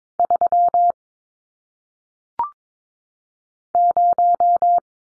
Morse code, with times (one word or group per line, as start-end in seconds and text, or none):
0.2-0.9 3
3.7-4.8 0